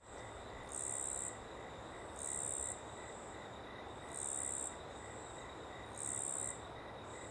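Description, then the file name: Cricket giving four high, shrill trilled bursts of about half a second each over a steady rushing river background. Small open woodland ambience with a river in the background; cricket very prominent on the left channel. "Ambiente em Pequena Mata Aberta e Rio ao Fundo com Grilo bem Presente na Esquerda"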